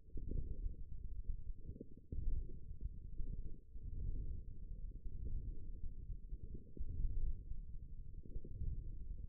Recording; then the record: forearm muscle sounds (acoustic myography)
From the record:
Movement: ulnar deviation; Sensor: system 1, eight BSWA MPA416 microphones around the upper forearm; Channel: 3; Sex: male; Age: 54 years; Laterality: right